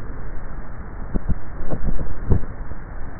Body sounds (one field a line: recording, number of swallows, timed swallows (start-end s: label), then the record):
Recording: swallowing sounds by neck microphone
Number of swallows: 1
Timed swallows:
1.62-2.88 s: swallow
From the record:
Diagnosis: dysphagia